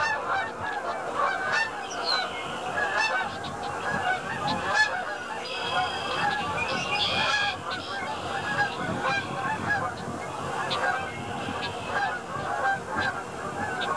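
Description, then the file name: Goose: geese calling in a large flock, constant overlapping honks forming a steady din, with a few stronger drawn-out honks standing out midway. "Animal Flock of Geese"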